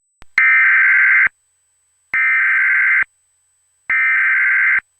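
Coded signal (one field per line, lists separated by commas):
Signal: Emergency Alert System (SAME) tones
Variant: header bursts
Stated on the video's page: Fictional EAS scenario, simulated.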